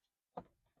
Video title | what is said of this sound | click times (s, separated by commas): 11. Part 2: DeLorean Headliner Replacement | The instructions said once you hear a satisfying clunk and that was what that was. | 0.4 s